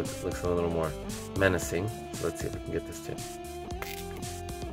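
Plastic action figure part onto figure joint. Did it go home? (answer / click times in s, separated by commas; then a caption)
yes / 3.8 s. A plastic part is pressed onto the joint of a Marvel Legends action figure while someone talks over background music with guitar. It clicks into place at 3.8 seconds with a short, sharp snap, and the part is seated.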